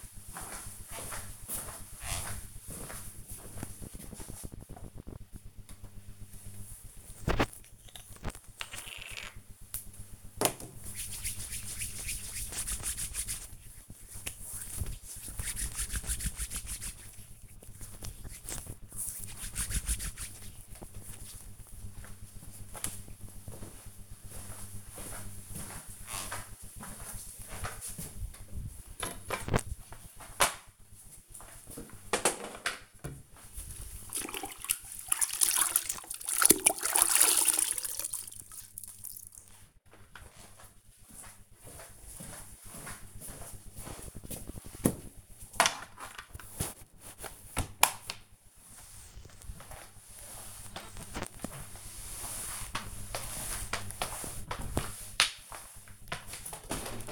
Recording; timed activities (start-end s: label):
household activities, microphone on the right wrist
4.71-19.79 s: cream hands
27.82-57.12 s: floor cleaning